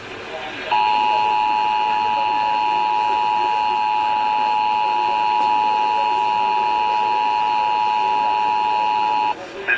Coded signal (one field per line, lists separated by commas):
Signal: Emergency Alert System (SAME) tones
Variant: 853 and 960 Hz attention tone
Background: speech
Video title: EAS N/A - N/A | Kern & LA County RMTs w/@theM12 (12/31/24)